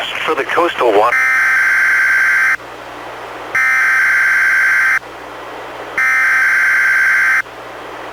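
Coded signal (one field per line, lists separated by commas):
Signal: Emergency Alert System (SAME) tones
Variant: header bursts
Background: speech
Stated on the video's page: NOAA Weather Radio required weekly test from NWS Portland relayed by station in Astoria, received on a Reecom R-1630 weather radio and recorded directly via USB.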